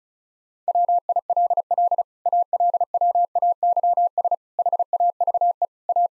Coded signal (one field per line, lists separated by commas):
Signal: Morse code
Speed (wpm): 36 wpm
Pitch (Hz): 700 Hz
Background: none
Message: WILL ALWAYS HAVE A